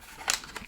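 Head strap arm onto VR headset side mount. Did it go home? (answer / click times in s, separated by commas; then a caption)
yes / 0.3 s. The plastic head strap arm of a Meta Quest 3 VR headset is lined up at the back and pressed evenly toward the front onto the headset's side mount. A sharp click sounds at 0.3 s, followed by two fainter ticks around 0.6 s. The arm snaps in and is seated.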